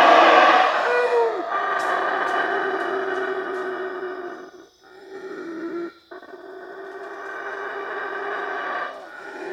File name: black howler monkey